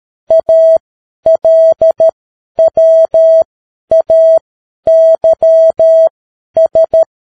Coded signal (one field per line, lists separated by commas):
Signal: Morse code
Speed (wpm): 13 wpm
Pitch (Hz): 650 Hz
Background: none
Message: ALWAYS